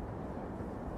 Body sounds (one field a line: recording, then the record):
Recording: background sound without coughing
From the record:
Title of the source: Train Ride Ambience ambient white noise for sleeping, focus, studying, reading